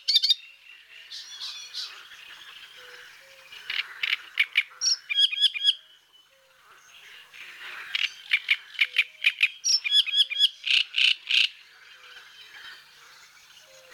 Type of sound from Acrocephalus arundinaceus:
song